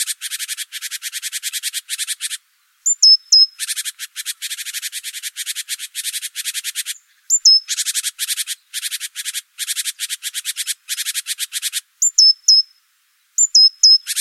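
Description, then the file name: Great tit churring, long runs of rapid harsh buzzy churring broken by brief whistled hooked notes. "Parus major"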